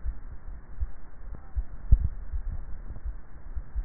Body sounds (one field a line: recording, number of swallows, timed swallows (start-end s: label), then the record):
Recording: swallowing sounds by neck microphone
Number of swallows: 1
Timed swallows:
1.88-2.68 s: swallow
From the record:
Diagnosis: dysphagia